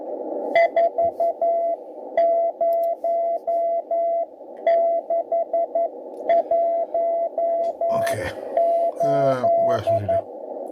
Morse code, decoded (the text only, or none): 40618